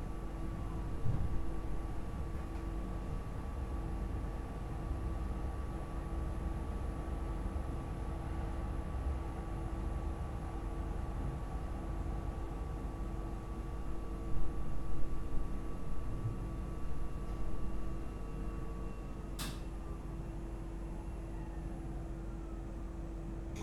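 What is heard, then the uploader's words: Steady low machine hum in a laundromat with a constant high whine, a few soft clunks, and a brief sharp click near nineteen seconds. Laundromat Osaka.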